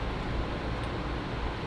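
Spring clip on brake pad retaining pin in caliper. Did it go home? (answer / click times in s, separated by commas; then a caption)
no / none. A small metal spring clip on the brake pad retaining pin in a brake caliper is being handled as it is pushed toward place. Only a steady broadband hiss is heard, with no distinct tick. Nothing has seated or clicked yet.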